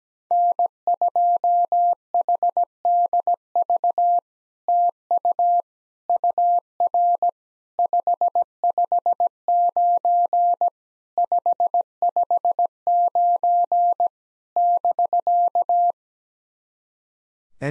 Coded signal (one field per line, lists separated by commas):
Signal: Morse code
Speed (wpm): 17 wpm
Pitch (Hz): 700 Hz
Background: none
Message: N2HDV TU UR 559 559 <BK>